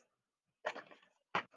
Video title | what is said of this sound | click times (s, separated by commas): Reading Tuesday 8-25 | i want you to make sure that you hear that click on your glue stick there's my little click | 1.4 s